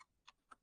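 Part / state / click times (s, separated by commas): architectural speaker locking lever into mounting frame / seated / 0.3 s, 0.5 s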